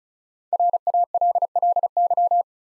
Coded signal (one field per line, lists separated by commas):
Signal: Morse code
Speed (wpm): 36 wpm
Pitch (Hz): 700 Hz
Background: none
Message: RALLY